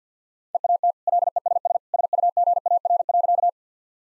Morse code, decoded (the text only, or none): EAT LESS SUGAR.